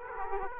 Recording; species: mosquito wingbeat signal from an infrared sensor; Aedes aegypti